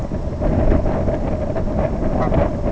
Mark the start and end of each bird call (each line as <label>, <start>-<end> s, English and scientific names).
Brent Goose (Branta bernicla), 1.98-2.52 s